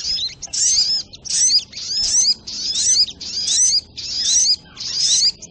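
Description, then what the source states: Little Spiderhunter singing a series of bright, high, squeaky phrases, each about half a second long, repeated roughly every three quarters of a second. Training recording (masteran) of the sogok ontong's song, labelled 'labaik'.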